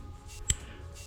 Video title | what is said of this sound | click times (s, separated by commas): How to use Fuel Line Quick Disconnect Tool | you heard it click in and I'm going to use this tool also so what you would do is just put it there and it's tapered so it Clips right on | 0.5 s